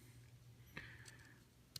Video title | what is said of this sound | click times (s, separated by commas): Bennington Bots BRAWL Shapeways Upgrade Kit | uh pop that back in. | 1.8 s